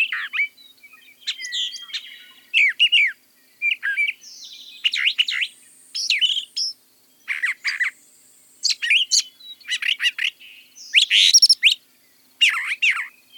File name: suara brown thrasher variasi